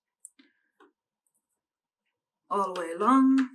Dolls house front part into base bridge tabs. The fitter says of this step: as you can see at the bottom it's supposed to click into place on the little bridges